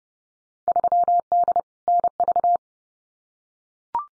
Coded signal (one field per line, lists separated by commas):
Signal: Morse code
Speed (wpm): 30 wpm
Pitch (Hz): 700 Hz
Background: none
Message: 3D NV